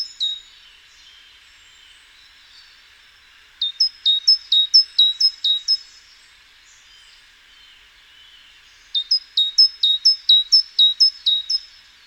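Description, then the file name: Great tit song: bright two-note phrases, a high note dropping to a lower one, repeated rapidly in two bursts of several phrases each, with a steady faint background hiss. "Parus major"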